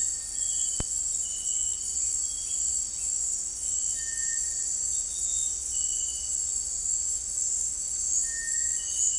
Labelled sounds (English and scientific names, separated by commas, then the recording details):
Cinereous Tinamou (Crypturellus cinereus)
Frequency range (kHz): Cinereous Tinamou (Crypturellus cinereus) 1.4-2.2 kHz
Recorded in secondary vegetation near Puerto Asís, Putumayo, Colombia, on 8 March 2025 at 17:30
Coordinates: 0.499, -76.323
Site G094